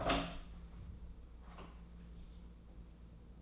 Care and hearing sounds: daily activity, microphone in the room; open door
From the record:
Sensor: 1

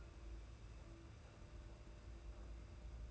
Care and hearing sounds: daily activity, microphone in the room; take from stove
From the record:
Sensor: 2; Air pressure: 991.9 hPa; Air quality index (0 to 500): 234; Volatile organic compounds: 1000 ppm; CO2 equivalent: 7846 ppm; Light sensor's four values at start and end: 17/56/22/20 and 18/56/22/20

